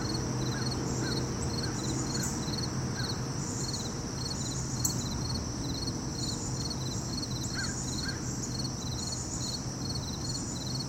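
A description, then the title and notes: Crickets and cicadas keep up a steady, dense chirring through the whole clip, with a fast, regular pulsing trill high up. A low constant rumble of traffic runs underneath, and a few short bird calls break in near the start and around eight seconds. Late Summer in the city park. Crickets and cicadas sing all day, birds chirp and the world goes rushing.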